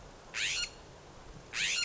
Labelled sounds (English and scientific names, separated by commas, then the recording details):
California Scrub-Jay (Aphelocoma californica)
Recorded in Sonoma County, California